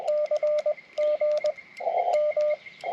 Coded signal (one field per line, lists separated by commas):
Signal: Morse code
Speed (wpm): 20 wpm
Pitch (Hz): 600 Hz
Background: radio noise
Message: CG M